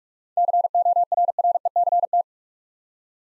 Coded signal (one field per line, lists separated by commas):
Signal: Morse code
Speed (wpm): 46 wpm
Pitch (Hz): 700 Hz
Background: none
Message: CORRECT